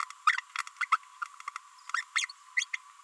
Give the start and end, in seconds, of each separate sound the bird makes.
0.27-0.40, 0.56-0.62, 0.81-0.85, 0.92-0.96, 2.16-2.25, 2.57-2.64, 2.73-2.76